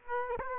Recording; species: mosquito wingbeat signal from an infrared sensor; Aedes aegypti